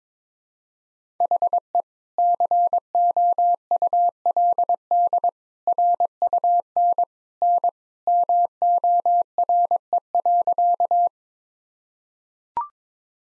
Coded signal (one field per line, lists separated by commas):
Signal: Morse code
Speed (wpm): 22 wpm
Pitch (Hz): 700 Hz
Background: none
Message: HE COULD RUN N MORE.